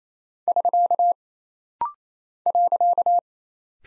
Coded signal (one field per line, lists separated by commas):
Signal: Morse code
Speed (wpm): 28 wpm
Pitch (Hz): 700 Hz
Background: none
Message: <SK> .